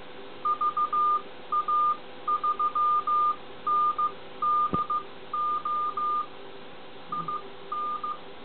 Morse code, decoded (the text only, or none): VA3NDO IN